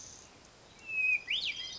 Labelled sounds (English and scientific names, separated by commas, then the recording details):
Hermit Thrush (Catharus guttatus)
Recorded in Sonoma County, California